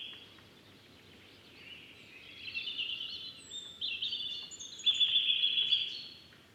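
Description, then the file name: Eurasian nuthatch trilling rapidly, the notes building from soft to loud and fading at the very end, with a few thin high chirps and steady low background noise. "Sitta europaea"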